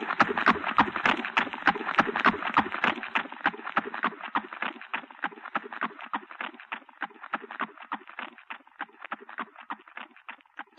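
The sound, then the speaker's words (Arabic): Rapid, rhythmic hoofbeats of several horses galloping with horsemen riding, a dense drumming patter that starts loud and gradually softens over about ten seconds, with no voices. “الله شوف، الله ده اخباره فرسان. لابد الملك النعمان.”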